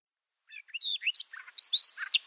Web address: Schulze Peter Siberian Rubythroat song